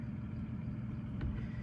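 A metal auxiliary (skeleton) key for a Mazda CX-50 is being handled in the driver door lock cylinder; it is being turned to unlock the door because of a dead battery and lockout. A steady low rumble runs throughout, with one brief, sharp sound at about 1.2 s. Nothing has seated or clicked yet.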